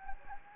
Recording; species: mosquito wingbeat signal from an infrared sensor; Anopheles gambiae